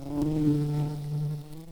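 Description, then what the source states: Red-tailed bumblebee buzzing: a steady, low droning hum with rich overtones that holds even for most, then fades slightly near the end. A queen.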